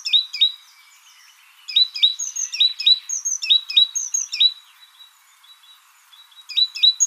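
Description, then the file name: Great tit giving bursts of sharp, high notes in quick repeated phrases, separated by quiet gaps. "Parus major"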